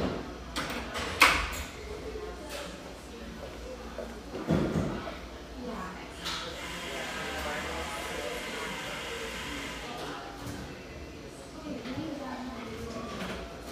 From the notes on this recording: humming café, settled near the beach just north of San Diego